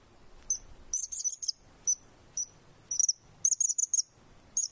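Bird twittering, bright high chips given singly and in quick clusters, with short pauses between bursts over a faint background hiss.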